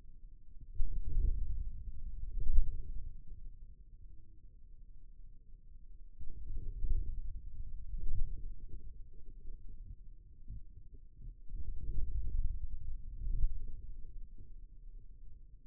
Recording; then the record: forearm muscle sounds (acoustic myography)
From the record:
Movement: inward rotation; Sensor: system 2, bracelet of six BSWA MPA416 microphones around the upper forearm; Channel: 3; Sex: male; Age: 22 years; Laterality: right